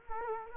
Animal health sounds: mosquito wingbeat signal from an infrared sensor; Culex quinquefasciatus

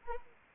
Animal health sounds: mosquito wingbeat signal from an infrared sensor; Anopheles arabiensis

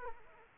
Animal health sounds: mosquito wingbeat signal from an infrared sensor; Aedes aegypti

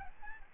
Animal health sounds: mosquito wingbeat signal from an infrared sensor; Aedes albopictus

